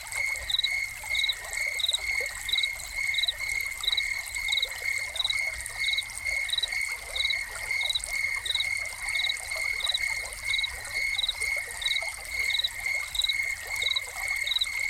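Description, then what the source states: Crickets trilling without pause, punctuated by regular bright chirps in a steady rhythm, over continuous fountain splashing. Soundscape of crickets recorded with a fountain.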